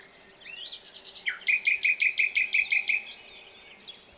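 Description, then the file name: Common nightingale song: a slurred upward whistle, a sharp downward note, then a fast series of evenly spaced, ringing repeated notes. "Luscinia megarhynchos"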